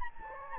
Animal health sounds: mosquito wingbeat signal from an infrared sensor; Anopheles gambiae

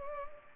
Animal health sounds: mosquito wingbeat signal from an infrared sensor; Anopheles gambiae

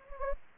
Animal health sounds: mosquito wingbeat signal from an infrared sensor; Anopheles gambiae

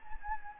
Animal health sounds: mosquito wingbeat signal from an infrared sensor; Anopheles gambiae

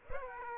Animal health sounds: mosquito wingbeat signal from an infrared sensor; Aedes aegypti

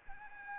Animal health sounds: mosquito wingbeat signal from an infrared sensor; Anopheles arabiensis

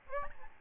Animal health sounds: mosquito wingbeat signal from an infrared sensor; Aedes albopictus

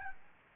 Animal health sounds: mosquito wingbeat signal from an infrared sensor; Aedes albopictus

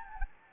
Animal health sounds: mosquito wingbeat signal from an infrared sensor; Anopheles gambiae

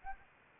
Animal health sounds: mosquito wingbeat signal from an infrared sensor; Anopheles arabiensis

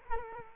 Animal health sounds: mosquito wingbeat signal from an infrared sensor; Culex quinquefasciatus

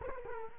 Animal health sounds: mosquito wingbeat signal from an infrared sensor; Culex quinquefasciatus

